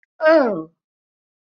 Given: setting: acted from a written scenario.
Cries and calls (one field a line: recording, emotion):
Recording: vocal sound without words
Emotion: realization